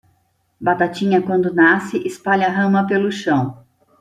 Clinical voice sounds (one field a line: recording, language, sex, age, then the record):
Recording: short text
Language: Brazilian Portuguese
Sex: female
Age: 50 to 59 years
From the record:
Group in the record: control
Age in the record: 54 years